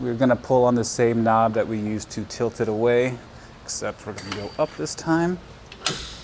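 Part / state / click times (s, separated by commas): hitch bike rack fold-up pivot latch / seated / 5.9 s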